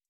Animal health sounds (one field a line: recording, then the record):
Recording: hydrophone in a shrimp aquaculture tank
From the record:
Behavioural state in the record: stressed